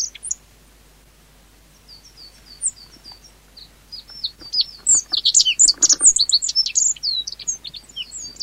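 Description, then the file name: Meadow bunting calls: scattered high, thin notes that build into a dense run of sharp chirps and slurred twitters. Recorded 10 May 1991. "10 05 91 Ecioides IIIb"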